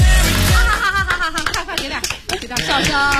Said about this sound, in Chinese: 笑声、掌声，非常的棒！